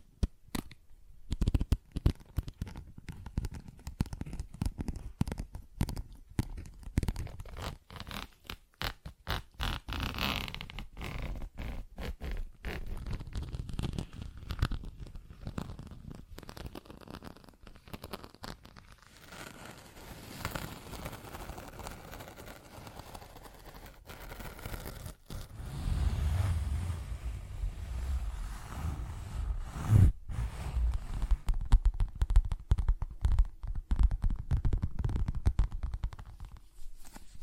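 Tapping, scratching and zipper sounds come in dense, irregular bursts with low rumbling thumps, steadier scraping in the middle, and louder rustling near the end.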